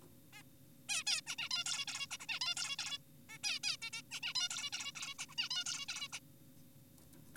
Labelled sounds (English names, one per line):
Zebra Finch